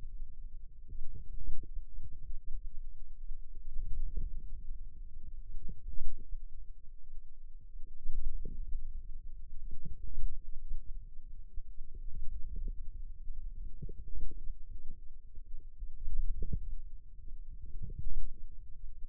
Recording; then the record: forearm muscle sounds (acoustic myography)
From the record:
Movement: wrist flexion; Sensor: system 2, bracelet of six BSWA MPA416 microphones around the upper forearm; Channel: 1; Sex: female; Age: 21 years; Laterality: right